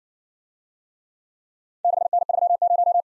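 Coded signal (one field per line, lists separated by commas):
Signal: Morse code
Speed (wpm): 54 wpm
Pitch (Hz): 700 Hz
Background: none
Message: 6N30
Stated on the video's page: Morse practice of four-character letter-number groups, speed-racing format starting at 50 wpm and slowing to a base speed, final repeat at maximum speed.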